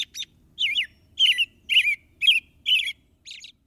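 American Robin song: clear, caroling whistled phrases repeated about twice a second with short pauses between.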